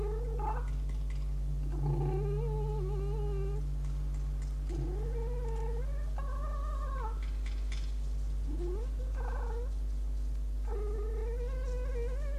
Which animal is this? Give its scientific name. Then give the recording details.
Vulpes vulpes. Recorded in captivity. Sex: male. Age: adult. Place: Zoologisches Institut der HUB, Berlin, DE. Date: 1956-02-10 20:00. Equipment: Elmetra. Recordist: Tembrock, Günter